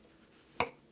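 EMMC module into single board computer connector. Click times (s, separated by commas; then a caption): 0.6 s. A small eMMC storage module is pressed onto its board-to-board connector on the underside of an ODROID-XU4 octa-core single board computer. It gives one sharp, bright click at 0.6 s, with faint ticks near 0.0 s and 0.9 s. The module is seated in place, and the fit was very straightforward.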